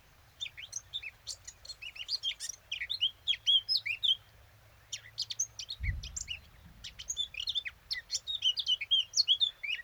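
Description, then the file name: Eurasian blackcap song: busy bursts of high, scratchy warbling and chirps with short gaps, a low thump partway through, and a soft rumble in the background. "Sylvia atricapilla"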